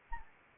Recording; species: mosquito wingbeat signal from an infrared sensor; Anopheles arabiensis